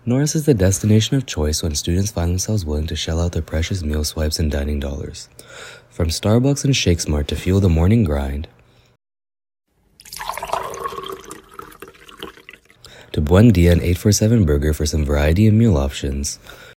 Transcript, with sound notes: Norris is the destination of choice when students find themselves willing to shell out their precious meal swipes and dining dollars. From Starbucks and ShakeSmart to fuel the morning grind [sound effect: coffee pouring] to Buen Dia and 847 Burger for some variety in meal options,